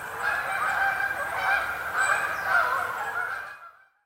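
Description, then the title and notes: Canada goose honks in a dense, uneven series, then the sound fades out. Introduced species now established in the wild in Finland; thousands shot yearly during waterfowl hunting. "Viikon luontoääni: Kanadanhanhi. Risto Salovaara"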